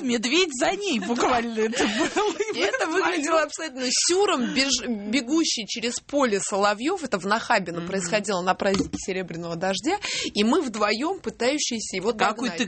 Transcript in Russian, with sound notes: медведь за нею» буквально это было... (смеется)
И это выглядело абсолютно сюром: бегущий через поле Соловьев, - это в Нахабино происходило на празднике «Серебряного дождя», - и мы вдвоем, пытающиеся его догнать.…